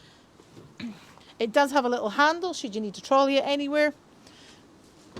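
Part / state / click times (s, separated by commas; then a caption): toilet waste cassette in its campervan housing / not seated / none. A toilet waste cassette is handled in its campervan housing while someone talks, with faint short knocks near 4.3 s and 5.2 s. The cassette has not clicked back into place yet; nothing has seated.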